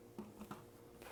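A folding plastic landing leg on a Yuneec Breeze 4K camera drone is folded in and out against the drone body. Soft handling taps are heard around 0.2 s and 0.4 s, then a sharp snap at 0.5 s as the leg clicks into its locked position. A longer rustle follows near 1.0 s, and the leg is seated.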